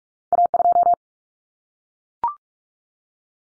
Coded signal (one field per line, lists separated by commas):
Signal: Morse code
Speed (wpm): 44 wpm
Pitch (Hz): 700 Hz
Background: none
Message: A2